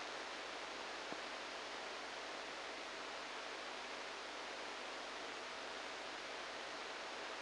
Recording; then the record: brain microelectrode recording played as sound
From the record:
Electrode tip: inside the subthalamic nucleus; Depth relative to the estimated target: 0 mm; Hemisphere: right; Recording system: NeuroSet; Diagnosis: Parkinson's disease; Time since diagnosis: 10 years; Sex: male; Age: 63 years